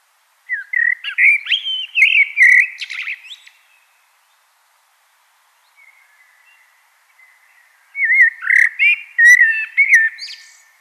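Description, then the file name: Common blackbird song: two mellow, fluty warbled phrases around mid pitch, each ending in thin high squeaky twitters, separated by a long quiet pause. "Turdus merula"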